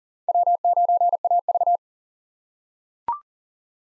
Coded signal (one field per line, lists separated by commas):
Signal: Morse code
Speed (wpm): 40 wpm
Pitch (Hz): 700 Hz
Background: none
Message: W9AV